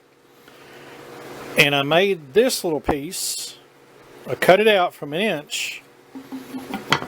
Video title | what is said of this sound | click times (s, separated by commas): How I made, HUGE Tankard, Made of Cedar, Stylish, with Family Crests, DIY!!!! | and see how it just locks in place | 6.9 s